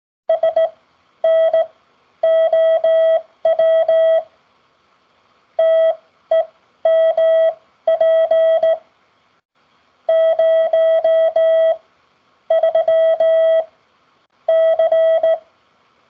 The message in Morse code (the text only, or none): SNOW TEMP 03 C